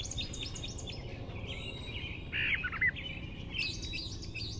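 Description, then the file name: Grey catbird giving scratchy warbled notes and one harsher, broader rasping phrase near the middle, over constant low background noise. "GRCA song"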